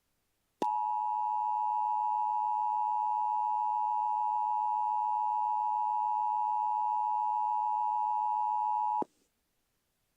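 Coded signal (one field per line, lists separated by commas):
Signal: Emergency Alert System (SAME) tones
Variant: 853 and 960 Hz attention tone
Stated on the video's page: Fictional comedy EAS alert about an evil killer clown, a Halloween special.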